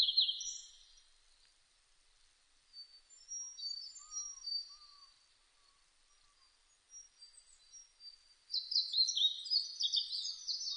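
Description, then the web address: Blue-and-white flycatcher song: a high whistled phrase opens, thin scattered notes and faint lower calls follow, then a loud, dense warbling phrase closes. Recorded 1 May 2005. "2005 050501 ooruri"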